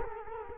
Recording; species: mosquito wingbeat signal from an infrared sensor; Culex quinquefasciatus